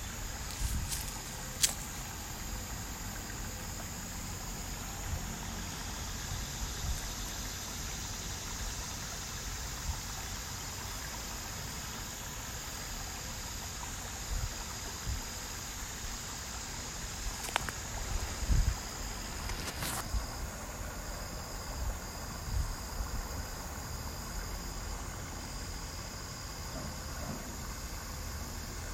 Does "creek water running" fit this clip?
yes